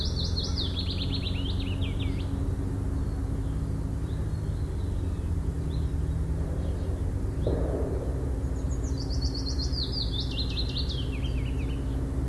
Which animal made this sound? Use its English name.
Willow Warbler